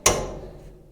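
The release for the steel safety latch on the motorcycle lift frame of a Handy 40100G Standard 1200 lb. air lift is operated so the table can be lowered. A single sharp click at 0.1 s is followed by a bright ringing tail that fades over about half a second. The lift safety latch is released.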